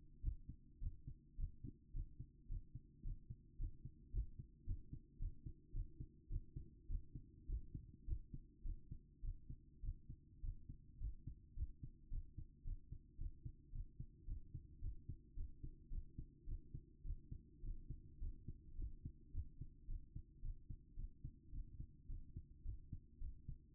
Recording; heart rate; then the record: heart sounds by stethoscope; 107 bpm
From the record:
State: after exercise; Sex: female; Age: 27 years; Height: 169 cm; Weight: 63 kg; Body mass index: 22.06